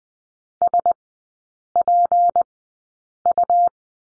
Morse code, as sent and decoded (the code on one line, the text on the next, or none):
... .--. ..-
SPU